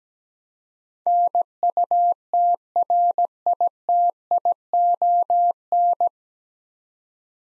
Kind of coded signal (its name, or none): Morse code